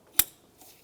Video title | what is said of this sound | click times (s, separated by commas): How To Replace Engine Knock Sensor 2003-2011 Mercury Grand Marquis | listen for a click give it a tug | 0.2 s